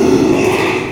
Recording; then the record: squeal of a Yucatan mini pig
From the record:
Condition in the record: after surgery on the right vocal fold (resection and tissue-engineered implant); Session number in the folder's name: 1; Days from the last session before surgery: 6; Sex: male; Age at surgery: 12 weeks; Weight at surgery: 13 kg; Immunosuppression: cyclosporine, prednisolone